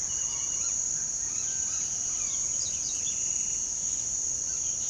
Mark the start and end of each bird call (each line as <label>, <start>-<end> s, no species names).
bird call, 0.15-3.75 s
bird call, 4.10-4.90 s